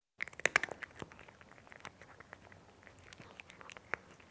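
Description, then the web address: Cat eating, with sharp crunchy bites and clicks scattered irregularly throughout, louder at the start, over a quiet background. Cat eating with a nice crunchy sound. "The BBC Sound Effects Library. Cat Eating"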